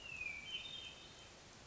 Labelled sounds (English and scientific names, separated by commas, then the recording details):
Hermit Thrush (Catharus guttatus)
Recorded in Sonoma County, California